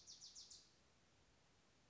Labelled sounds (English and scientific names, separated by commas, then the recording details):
Bewick's Wren (Thryomanes bewickii)
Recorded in Sonoma County, California